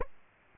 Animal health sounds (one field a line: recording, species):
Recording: mosquito wingbeat signal from an infrared sensor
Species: Aedes aegypti